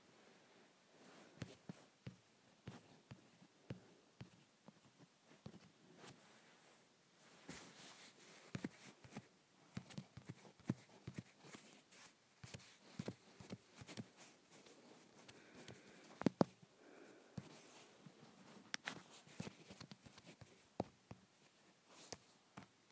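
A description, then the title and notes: A phone is rubbed and handled, giving dry scratchy swipes and soft scuffs that come in quick irregular bursts. Between strokes there are brief quiet gaps, and a few sharper taps stand out, especially around the middle. ASMR Rubbing my Phone.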